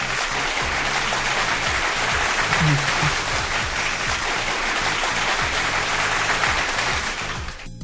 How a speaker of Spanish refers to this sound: No sin antes, por supuesto, pues darle un aplauso, pero que se oiga fuerte, al buen